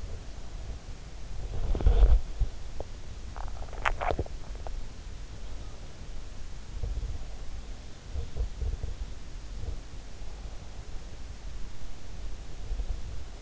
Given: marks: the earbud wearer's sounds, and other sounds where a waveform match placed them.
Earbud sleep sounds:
sounds in sleep by an in-ear microphone; body movement, swallowing
0.00-3.12 s: body movement
2.81-4.99 s: swallowing
6.11-13.42 s: body movement

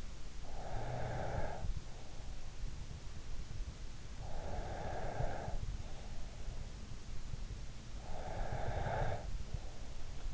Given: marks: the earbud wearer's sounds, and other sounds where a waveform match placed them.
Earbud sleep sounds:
sounds in sleep by an in-ear microphone; breath
0.00-2.23 s: breath
4.03-6.68 s: breath
7.83-10.34 s: breath

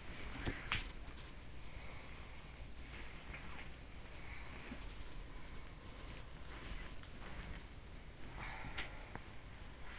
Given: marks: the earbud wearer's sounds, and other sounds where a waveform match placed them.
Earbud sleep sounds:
sounds in sleep by an in-ear microphone; body movement
0.00-1.29 s: body movement
1.65-3.60 s: sound from someone else or the room
3.97-6.33 s: sound from someone else or the room
6.47-7.63 s: sound from someone else or the room
8.07-9.99 s: sound from someone else or the room

